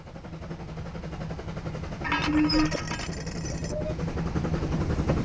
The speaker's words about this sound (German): da kommt der Zug. Ich werd verrückt. Was will der denn hier? Jetzt hält er genau vor uns.